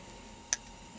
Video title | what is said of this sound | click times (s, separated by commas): Marvel Legends Fantastic Four Variant Gift Box Set review | see that how it just kind of clicks into place | 0.5 s